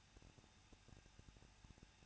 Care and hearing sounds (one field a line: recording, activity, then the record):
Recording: daily activity, microphone in the room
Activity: no activity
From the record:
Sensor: 2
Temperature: 21.0 degrees Celsius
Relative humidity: 37.4%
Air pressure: 1006.2 hPa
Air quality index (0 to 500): 222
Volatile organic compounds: 24 ppm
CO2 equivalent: 2809 ppm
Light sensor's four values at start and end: 2/3/2/2 and 2/3/2/2